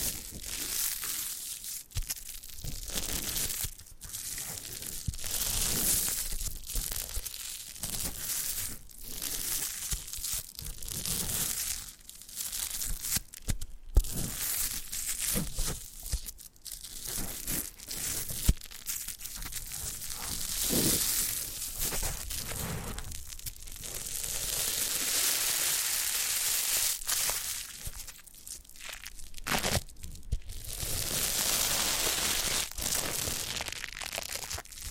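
Foam being rubbed and squeezed, making dense, scratchy crinkling and rustling that runs nearly the whole time. The strokes come in uneven bursts with brief gaps, and a few sharper pops stand out around 14 and 18 seconds. From about 22 to 27 seconds the rubbing turns into a smoother, brighter hiss.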